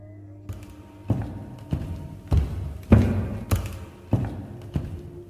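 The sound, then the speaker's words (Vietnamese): Footsteps thud on wooden stairs at midnight, about nine heavy, hollow steps at an even, unhurried pace, each a dull low knock with a little creak, alone over a faint background hum. “Có lúc thì là tiếng chân đi lại ở chỗ cầu thang gỗ.”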